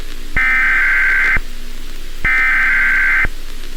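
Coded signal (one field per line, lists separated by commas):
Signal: Emergency Alert System (SAME) tones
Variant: header bursts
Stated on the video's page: Fan-made mock EAS scenario of a tornado warning, reuploaded.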